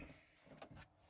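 The worn glove box door on a 1998 Dodge Dakota is handled against its dashboard striker, its latch too offset with too much slop. Soft rustling and brief knocks are heard, with sharp bursts near 0.6 s and around 0.8 s and a faint tap at the very end. Nothing has seated or clicked yet.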